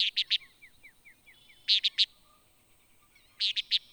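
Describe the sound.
Antillean nighthawk calling in fast triplets of sharp notes, with a run of soft downslurred chirps between the first two.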